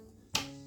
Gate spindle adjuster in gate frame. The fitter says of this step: and then you'll slowly hear it click into place.